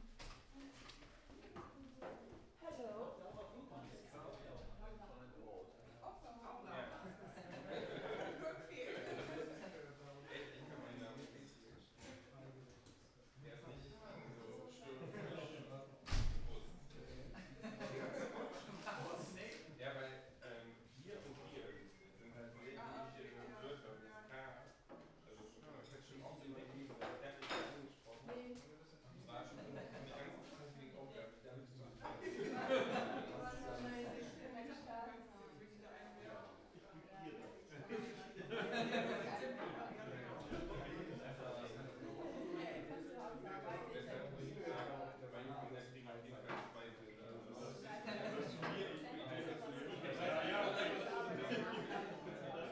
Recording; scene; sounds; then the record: everyday scene through a hearing-aid microphone; many people talking; many voices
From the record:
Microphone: behind the ear, right, front